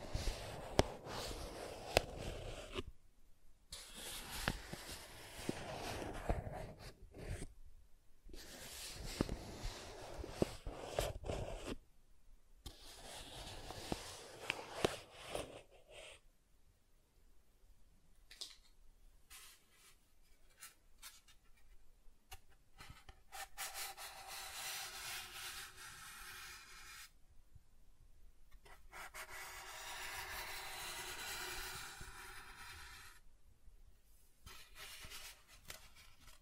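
Soft tracing across smooth and rough surfaces, heard as hissing, scratchy rubbing strokes broken by short silent gaps. The first fifteen seconds bring dense, bright strokes in quick bursts; after a quieter stretch, longer, steadier sweeps follow with a low hum underneath.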